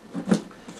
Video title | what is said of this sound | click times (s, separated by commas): *AIRSOFT HOBBY* - MP5 Stocks - Part 2 | You put this in, press the lever, and it locks in place. | 0.3 s